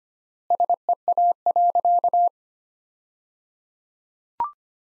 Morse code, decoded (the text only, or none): SEA.